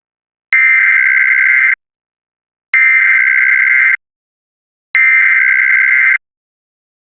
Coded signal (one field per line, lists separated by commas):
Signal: Emergency Alert System (SAME) tones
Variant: header bursts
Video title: EAS Mini 12: Power Spike (and a short update)